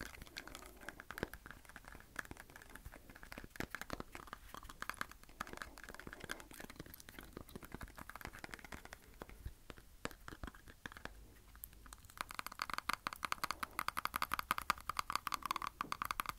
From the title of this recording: Teeth Tapping FAST & SLOW